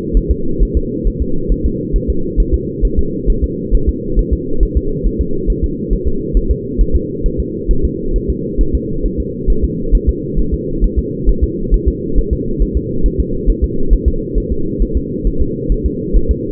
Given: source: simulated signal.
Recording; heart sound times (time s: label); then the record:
fetal heart sounds
0.17 s: S1
0.31 s: S2
0.62 s: S1
0.77 s: S2
1.07 s: S1
1.22 s: S2
1.52 s: S1
1.66 s: S2
1.96 s: S1
2.10 s: S2
2.40 s: S1
2.54 s: S2
2.85 s: S1
2.99 s: S2
3.30 s: S1
3.44 s: S2
3.75 s: S1
3.89 s: S2
4.19 s: S1
4.33 s: S2
4.63 s: S1
4.77 s: S2
5.06 s: S1
5.21 s: S2
5.50 s: S1
5.64 s: S2
5.93 s: S1
6.08 s: S2
6.37 s: S1
6.51 s: S2
6.81 s: S1
6.96 s: S2
7.26 s: S1
7.40 s: S2
7.71 s: S1
7.85 s: S2
8.16 s: S1
8.30 s: S2
8.61 s: S1
8.75 s: S2
9.05 s: S1
9.20 s: S2
9.50 s: S1
9.64 s: S2
9.95 s: S1
10.09 s: S2
10.39 s: S1
10.54 s: S2
10.84 s: S1
10.99 s: S2
11.29 s: S1
11.44 s: S2
11.74 s: S1
11.88 s: S2
12.19 s: S1
12.33 s: S2
12.62 s: S1
12.77 s: S2
13.06 s: S1
13.20 s: S2
13.50 s: S1
13.64 s: S2
13.93 s: S1
14.08 s: S2
14.38 s: S1
14.52 s: S2
14.82 s: S1
14.97 s: S2
15.27 s: S1
15.42 s: S2
15.72 s: S1
15.86 s: S2
16.16 s: S1
16.31 s: S2
From the record:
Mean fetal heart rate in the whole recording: 135 bpm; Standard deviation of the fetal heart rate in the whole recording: 3 bpm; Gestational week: 36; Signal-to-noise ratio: -8.1 dB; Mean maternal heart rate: 72 bpm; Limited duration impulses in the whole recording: absent